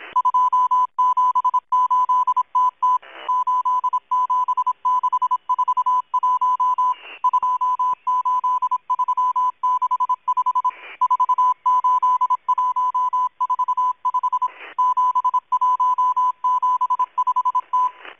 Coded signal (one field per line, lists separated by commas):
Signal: Morse code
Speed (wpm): 26 wpm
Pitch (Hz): 1000 Hz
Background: none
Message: 278TT 87641 28365 48145 7175T